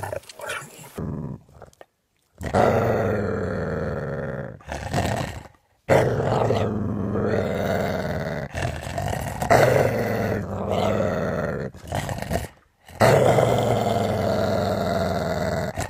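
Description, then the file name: Dog gives long, rough, throaty growls in several bouts, with fully silent breaks between some of them. "suono cane che ringhia"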